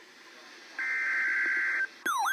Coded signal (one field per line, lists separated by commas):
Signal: Emergency Alert System (SAME) tones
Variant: header bursts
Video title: Texas Inferno (EAS Scenario)